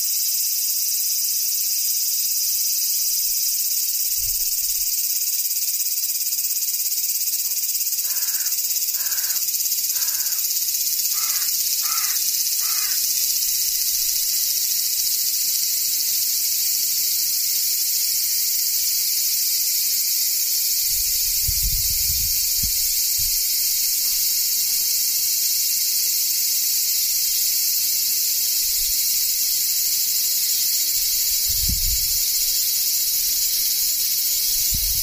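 Cicadas keep up a steady, dense high-pitched drone that fills the whole clip without a break. Around eight to thirteen seconds, a short run of evenly spaced chirps sounds, and a few soft low thumps turn up near 4, 22 and 32 seconds.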